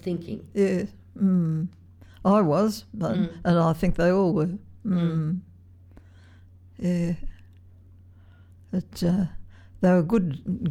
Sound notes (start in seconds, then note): none